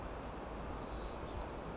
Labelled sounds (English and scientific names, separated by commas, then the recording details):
White-crowned Sparrow (Zonotrichia leucophrys)
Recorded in Sonoma County, California